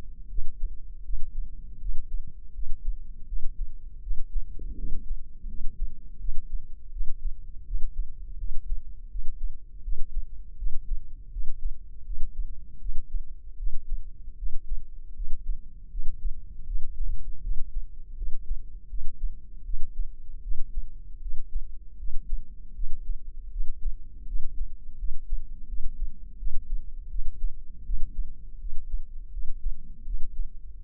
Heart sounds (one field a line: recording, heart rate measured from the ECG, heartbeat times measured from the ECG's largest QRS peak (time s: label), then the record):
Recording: heart sounds by microphone in the left ear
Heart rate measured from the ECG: 81 bpm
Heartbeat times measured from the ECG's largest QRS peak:
0.29 s: heartbeat
1.03 s: heartbeat
1.79 s: heartbeat
2.53 s: heartbeat
3.26 s: heartbeat
4.01 s: heartbeat
4.76 s: heartbeat
5.47 s: heartbeat
6.19 s: heartbeat
6.91 s: heartbeat
7.65 s: heartbeat
8.37 s: heartbeat
9.09 s: heartbeat
9.82 s: heartbeat
10.56 s: heartbeat
11.30 s: heartbeat
12.04 s: heartbeat
12.79 s: heartbeat
13.57 s: heartbeat
14.37 s: heartbeat
15.14 s: heartbeat
15.89 s: heartbeat
16.65 s: heartbeat
17.41 s: heartbeat
18.16 s: heartbeat
18.88 s: heartbeat
19.64 s: heartbeat
20.42 s: heartbeat
21.20 s: heartbeat
21.97 s: heartbeat
22.74 s: heartbeat
23.50 s: heartbeat
24.26 s: heartbeat
24.97 s: heartbeat
25.67 s: heartbeat
26.37 s: heartbeat
27.09 s: heartbeat
27.84 s: heartbeat
28.59 s: heartbeat
29.31 s: heartbeat
30.05 s: heartbeat
30.80 s: heartbeat
From the record:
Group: healthy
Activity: rest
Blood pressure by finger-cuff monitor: 169/88 mmHg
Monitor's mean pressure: 107 mmHg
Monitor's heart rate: 81 bpm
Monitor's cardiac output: 8.2 L/min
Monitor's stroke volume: 103 mL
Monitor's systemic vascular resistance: 960 dyn s/cm5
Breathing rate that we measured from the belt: 18 breaths a minute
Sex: male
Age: 57 years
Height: 188 cm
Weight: 106 kg